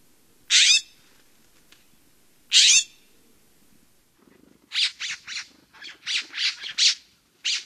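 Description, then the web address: Western scrub-jay giving two loud, rasping calls about two seconds apart, then a quick run of shorter harsh notes. North America. "Songs of Birds of North America Stokes. Western Scrub-Jay"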